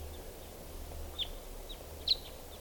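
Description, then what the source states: Red Crossbill flight calls, a few brief, sharp downslurred chips spaced apart, one louder near the end, over soft steady background noise. Type 2 call type; wild; crossbills circling in flight; at least six or seven type 2 crossbills around in total.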